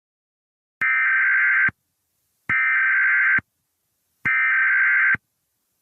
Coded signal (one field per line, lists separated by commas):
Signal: Emergency Alert System (SAME) tones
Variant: header bursts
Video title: EAS Scenario #25 The Demonic Invasion - Computer Demons